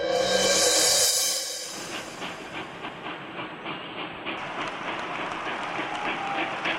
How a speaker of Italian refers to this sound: 1863, si viaggia in treno tra Roma e Napoli.